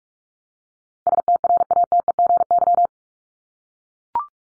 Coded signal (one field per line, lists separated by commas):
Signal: Morse code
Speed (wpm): 44 wpm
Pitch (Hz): 700 Hz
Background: none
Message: STRATEGY